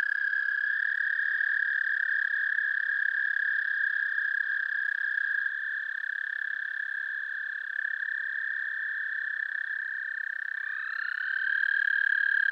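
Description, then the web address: American toad trilling continuously on one high pitch, with a second trill sliding upward into it near the end. "Dan Gibson Wildlife Identification By Sound, Eastern North America Pt 1. American Toad"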